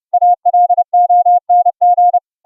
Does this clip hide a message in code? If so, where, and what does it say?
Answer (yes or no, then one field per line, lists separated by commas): yes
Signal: Morse code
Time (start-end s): 0.1-2.2 s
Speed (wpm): 30 wpm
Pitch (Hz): 710 Hz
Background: none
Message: ALONG